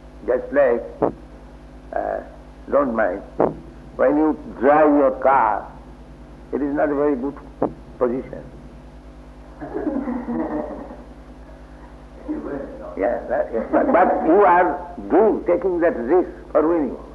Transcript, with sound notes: Just like---don't mind---when you drive your car, it is not a very good position. [laughter] Yes. But you are doing, taking that risk for winning over.